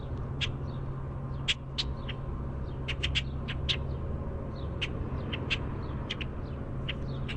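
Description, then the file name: Common grackle giving sharp, dry chack notes scattered irregularly, mixed with thin high squeaks, over a steady low hum. Chack and squeak calls. "COGR chack squeak"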